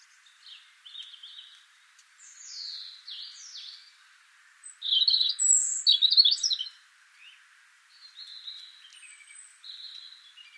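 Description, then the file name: European robin song: thin high whistles and soft twitters, then a loud burst of rapid, scratchy, tumbling notes, followed by quieter wavering whistled phrases. "Erithacus rubecula"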